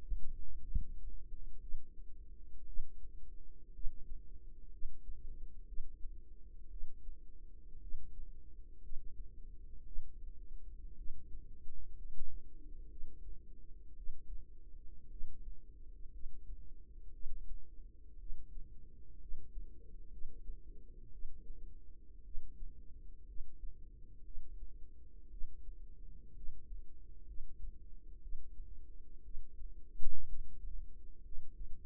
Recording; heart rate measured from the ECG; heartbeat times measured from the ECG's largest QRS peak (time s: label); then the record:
heart sounds by microphone in the right ear; 59 bpm
0.58 s: heartbeat
1.58 s: heartbeat
2.64 s: heartbeat
3.71 s: heartbeat
4.69 s: heartbeat
5.65 s: heartbeat
6.68 s: heartbeat
7.79 s: heartbeat
8.80 s: heartbeat
9.83 s: heartbeat
10.94 s: heartbeat
11.94 s: heartbeat
12.88 s: heartbeat
13.95 s: heartbeat
15.08 s: heartbeat
16.10 s: heartbeat
17.11 s: heartbeat
18.17 s: heartbeat
19.18 s: heartbeat
20.09 s: heartbeat
21.10 s: heartbeat
22.22 s: heartbeat
23.24 s: heartbeat
24.22 s: heartbeat
25.29 s: heartbeat
26.33 s: heartbeat
27.25 s: heartbeat
28.20 s: heartbeat
29.22 s: heartbeat
30.25 s: heartbeat
31.21 s: heartbeat
From the record:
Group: healthy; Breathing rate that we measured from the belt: 16 breaths a minute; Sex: female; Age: 36 years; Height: 163 cm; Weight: 88 kg